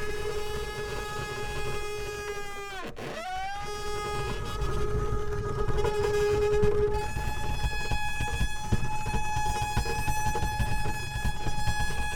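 A field recording of a steady, whining machine tone over a constant low rumble. Just before three seconds the whine swoops sharply down and climbs back to pitch, and near seven seconds it settles onto a new, brighter steady drone that holds to the end.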